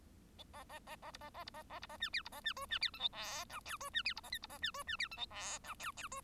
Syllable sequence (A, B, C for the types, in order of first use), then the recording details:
A A A A B A A B A A B A C D B A C E C D F G H I J E C D B A K B A C E C D F G H I J J E. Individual Bird1